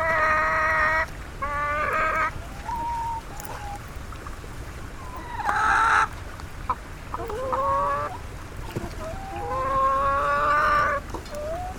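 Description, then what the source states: Chickens calling repeatedly with harsh, stretched squawks and wavering tones, against constant low background noise and occasional clicks. Caged chickens in Nepal.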